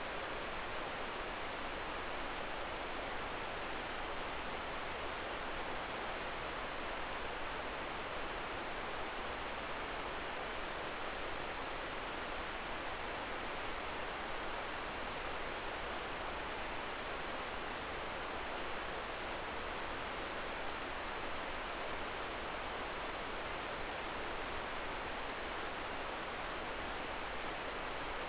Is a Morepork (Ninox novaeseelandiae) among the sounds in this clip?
no